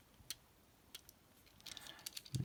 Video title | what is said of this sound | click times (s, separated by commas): Transformers Rise of the Beasts Battle Changers: Optimus Prime and Scourge (ASMR) | they will snap into place with these little pegs | 0.3 s